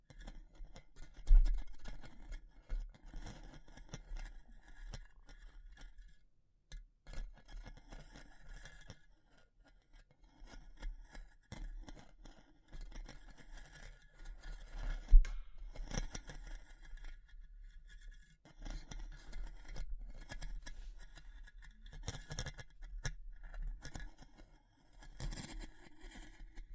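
Crisp wooden and straw-like handling sounds: snips, scrapes and light crackles in irregular bursts, with a brief quiet spell around 7 seconds. Sharper clicks stand out near 1, 15 and 22 seconds, over a faint low rumble running underneath.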